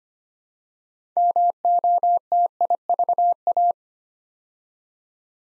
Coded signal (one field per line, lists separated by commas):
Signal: Morse code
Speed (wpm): 25 wpm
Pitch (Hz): 700 Hz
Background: none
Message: MOTIVA